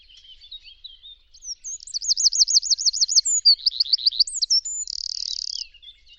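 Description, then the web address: Bird calls: soft high chips leading into a rapid, looping rolling trill at high pitch, a second lower trill, then a steady flat buzzy note. "cianscape birddata Deverinetal 2025"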